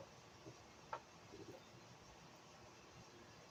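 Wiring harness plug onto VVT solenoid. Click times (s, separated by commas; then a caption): 0.9 s. A wiring harness plug, the second electrical connector, is pushed onto the side VVT solenoid of a 2010-2016 GMC Acadia 3.6L V6. Its latch gives one sharp click at 0.9 s that rises above a low steady background hiss, with a few faint taps around 0.5 s and 1.4–1.5 s. The connector is seated.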